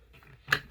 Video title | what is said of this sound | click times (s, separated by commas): UWANT Wet Dry Vacuum Cleaner with self cleaning Anti Odor Review | until you hear it click. | 0.5 s